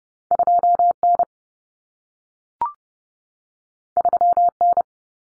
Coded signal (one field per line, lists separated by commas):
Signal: Morse code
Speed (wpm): 30 wpm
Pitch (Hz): 700 Hz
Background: none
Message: 2N 3N